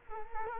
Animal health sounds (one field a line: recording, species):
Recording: mosquito wingbeat signal from an infrared sensor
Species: Culex quinquefasciatus